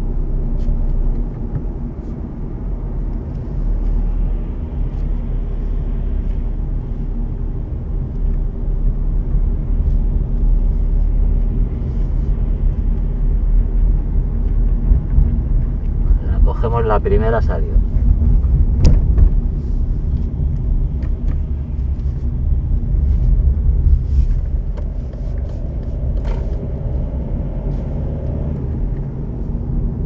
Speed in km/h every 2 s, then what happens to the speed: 36, 31, 30, 30, 31, 32, 32, 31, 28, 26, 22, 20, 24, 37, 39.
0-4 slows to 30. 4-12 steady at about 31. 12-23 slows to 20. 23-26 speeds up to 37.